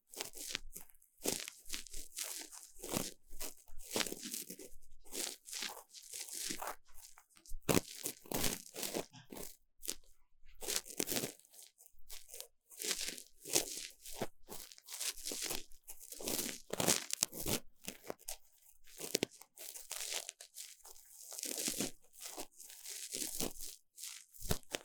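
Ear cleaning, heard as a steady run of crisp, crackly scratching and rubbing that keeps starting and stopping in short bursts, a few per second, across the whole 25 seconds. The sounds are bright and papery, with brief quiet gaps between strokes and a few louder crunches around 8, 11 and 17 seconds.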